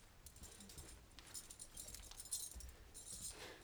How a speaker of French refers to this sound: Curieux bonhomme. Il commençait à m'agacer, toujours attaché à nos pas, son trousseau de clés sonnant dans sa main.